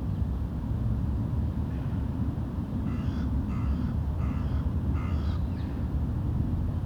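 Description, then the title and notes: Crow caws, several harsh, nasal calls in a steady series over about three seconds, with a constant low background rumble. Wolvendael Park, Uccle, Belgium; park ambience; recorded with DPA 2006c microphones in AB position into SD Mixpre D and Sony PCM-M10. "Parc de Wolvendael, 1180 Uccle, Belgium - Corbeaux - Crows. Ambiance dans le parc, quelques oiseaux. Ambience in the park, some birds"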